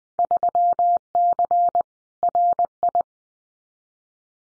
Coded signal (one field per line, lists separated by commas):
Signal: Morse code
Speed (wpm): 20 wpm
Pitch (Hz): 700 Hz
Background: none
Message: 3C RI